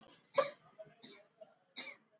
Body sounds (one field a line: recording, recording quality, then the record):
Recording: heavy voluntary cough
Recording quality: excellent, no background noise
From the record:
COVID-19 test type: RT-PCR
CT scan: not taken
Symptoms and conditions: cough, cold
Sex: female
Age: 58 years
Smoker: no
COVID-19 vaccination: both doses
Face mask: worn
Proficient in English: yes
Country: India